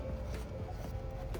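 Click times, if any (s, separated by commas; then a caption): none. A DEF fluid line quick-connect fitting is handled at the port of a new Cummins DEF doser pump on an International truck. There is a steady low hum with faint rubbing and a brief louder burst near 1.3 seconds. The fitting has not seated or clicked yet.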